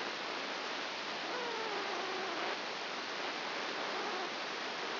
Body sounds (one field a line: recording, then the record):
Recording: brain microelectrode recording played as sound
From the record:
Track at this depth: outside the subthalamic nucleus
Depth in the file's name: 5.701 mm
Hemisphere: left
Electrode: 2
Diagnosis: Parkinson's disease